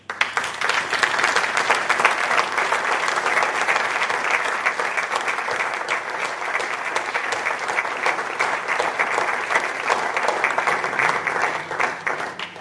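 A crowd applauds steadily for about twelve seconds, a dense, even wash of many hands clapping at once with no voices rising above it, holding at a constant loud level throughout.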